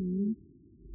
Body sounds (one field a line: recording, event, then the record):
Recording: neck accelerometer signal played as sound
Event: no cough (speech, laughter, throat clearing or background)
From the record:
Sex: female